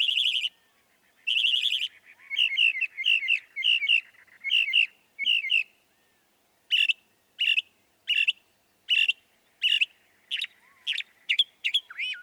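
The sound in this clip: Northern mockingbird song: harsh rasping bursts followed by repeated chattering phrases, then a run of clear sharp notes spaced under a second apart.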